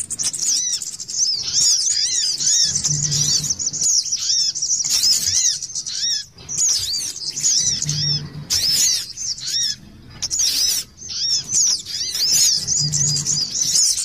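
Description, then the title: Little spiderhunter song: dense high trilling with ringing, down-curved whistles repeated in bursts, separated by brief gaps; a faint low hum sounds at intervals. "Masteran Burung Sogok Ontong Labaik"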